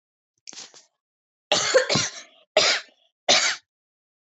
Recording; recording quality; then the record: heavy voluntary cough; excellent, no background noise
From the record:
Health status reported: healthy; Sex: female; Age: 27 years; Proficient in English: yes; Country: India